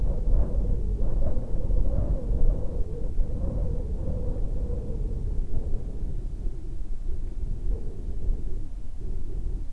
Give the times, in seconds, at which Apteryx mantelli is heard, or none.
none